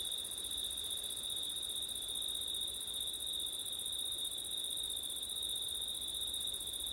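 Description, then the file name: Continuous high cricket trill holding one pitch throughout, with a thinner very high band and faint low background hiss. Crickets recorded on a September night with wind. "crickets wind september night ortif"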